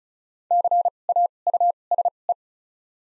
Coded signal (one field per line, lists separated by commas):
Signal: Morse code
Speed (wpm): 34 wpm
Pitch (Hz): 700 Hz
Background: none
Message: C A U S E